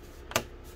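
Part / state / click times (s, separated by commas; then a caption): bottom cover clips into laptop chassis / seated / 0.3 s, 0.4 s. The plastic bottom cover of an LG Gram 17Z90N laptop is pressed along its edges, working from the back down the sides, so its clips snap into the laptop chassis. Two sharp clicks are heard at 0.3 s and 0.4 s, the second louder. The cover is seated.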